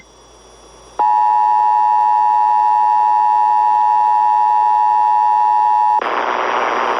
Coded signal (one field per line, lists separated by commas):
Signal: Emergency Alert System (SAME) tones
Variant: 853 and 960 Hz attention tone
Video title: EAS #774-775: Required Weekly Test on KDKA-AM #7 || 1/30/22